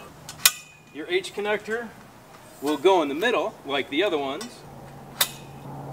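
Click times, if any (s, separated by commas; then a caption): 5.2 s. A metal roof pole of a chicken run frame is pushed into the middle H-shaped connector while someone talks, with a sharp tap near 0.5 s. One sharp snap at 5.2 s marks the pole seating firmly into place.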